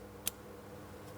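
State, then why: Seated. The red plastic connector position assurance locking tab is pressed straight in to lock the harness connector of a front ABS wheel speed sensor on a 2008-2016 Chrysler Town & Country. A single sharp click is heard at 0.3 s over a low, steady background hum. The tab snaps in and the connector is confirmed locked and looking good, secured so no ABS light comes on.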